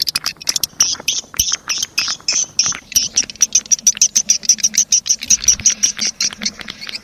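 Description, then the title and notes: Swiftlet calls, rapid high chirps in a stuttering series, becoming more even and regular in the second half. Sound used in swiftlet farming in Asia. "Swiflet Bird Sound. Farming Swiflet Bird asia sound"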